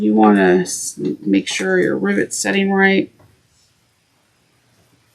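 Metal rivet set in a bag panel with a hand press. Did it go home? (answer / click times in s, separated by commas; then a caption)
no / none. A metal rivet is being set into a bag panel's fabric or strap with a hand press. Someone talks for about the first three seconds, then the clip falls to near silence. Nothing has seated or clicked yet; the rivet is handled but not yet home.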